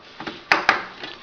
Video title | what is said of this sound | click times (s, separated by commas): Graphics Card, Power Supply, RAM Install #7 | two snaps that's locked in it's in there sturdy do the same thing for the other one | 0.5 s, 0.7 s